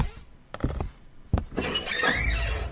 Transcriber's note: banging; door opening